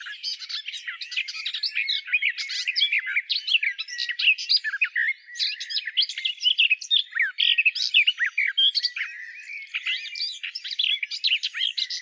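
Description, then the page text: Garden warbler singing a sustained, fast, rich warble of tumbling notes with scratchy chatter mixed in, continuing steadily throughout with no other sounds. "Timo Tschentscher - садовая славка"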